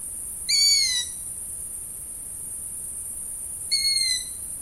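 Long-eared owl: two thin, squeaky, downward-sliding calls roughly three seconds apart, against a constant high-pitched hiss.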